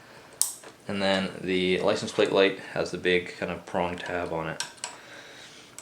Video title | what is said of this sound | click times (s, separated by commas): Kawasaki Z650 & Ninja 650 (2017+) Fender Eliminator Installation - Vagabond Motorsports VM-KZ610 | Just push them in till you hear the click. | 0.4 s